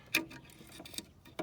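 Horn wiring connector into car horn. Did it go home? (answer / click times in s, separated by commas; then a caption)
yes / 0.2 s. During a bumper refit on a BMW 435d, the horn's electrical wiring plug is pushed onto the car horn until it latches. A sharp, bright click at 0.2 s marks the connector seating, followed by faint small ticks and another short click near 1.4 s.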